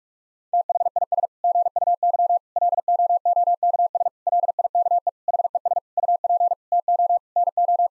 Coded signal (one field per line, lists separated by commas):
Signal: Morse code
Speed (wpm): 46 wpm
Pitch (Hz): 700 Hz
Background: none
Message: THIS GUY LOOKS LIKE HES UP TO NO